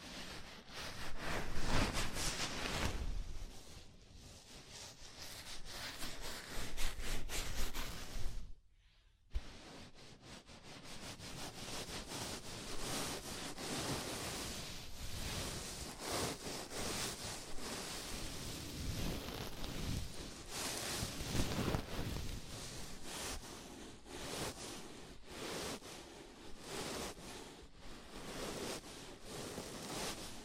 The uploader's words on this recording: ASMR Sleepy Scalp Massage (No Talking).